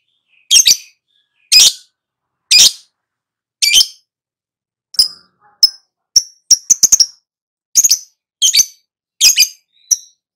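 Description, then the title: Lovebird calling with harsh, rasping shrieks spaced about a second apart, then quicker clusters of thin high chirps mixed with more shrieks. Prompt recording (pancingan) meant to get a lovebird to respond (nyaut) and sing actively (gacor). "Pancingan Lovebird Agar Nyaut GACOR."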